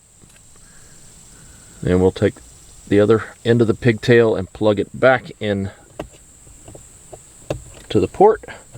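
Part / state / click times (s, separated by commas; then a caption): wiring pigtail plug into overhead console harness port / not seated / none. Someone talks while handling the other end of a FiTCAMX dashcam power pigtail, about to plug it into the overhead console harness port of a 2021–2023 Hyundai Santa Fe. A couple of brief sharp ticks are heard between the speech, but the connector has not clicked or seated yet.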